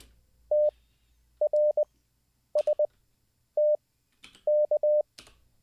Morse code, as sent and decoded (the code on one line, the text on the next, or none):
- .-. ... - -.-
TRSTK